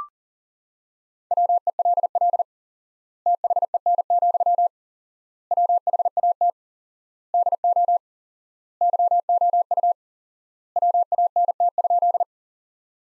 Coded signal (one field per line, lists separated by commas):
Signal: Morse code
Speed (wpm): 40 wpm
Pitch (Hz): 700 Hz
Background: none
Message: WELL THEN, WHAT DO YOU WANT?